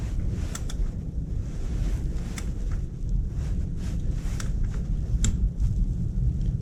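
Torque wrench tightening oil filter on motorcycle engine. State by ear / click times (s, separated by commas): torque reached / 5.2 s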